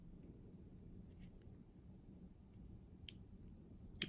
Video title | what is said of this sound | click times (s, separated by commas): Android Convert Unboxes Apple Watch Series 4 | There we go. Click into place. | 4.0 s